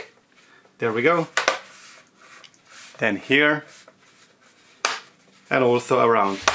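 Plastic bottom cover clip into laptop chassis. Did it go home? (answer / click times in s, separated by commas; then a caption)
yes / 4.9 s. Someone talks while pressing a spot on the plastic bottom cover of an HP ProBook 455 G10 laptop so its clip snaps into the chassis. A sharp click is heard at 4.9 s as the clip seats into place.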